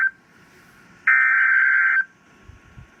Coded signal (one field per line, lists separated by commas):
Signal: Emergency Alert System (SAME) tones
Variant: header bursts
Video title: TORNADO EMERGENCY NO EAS + Tornado Warning EAS #101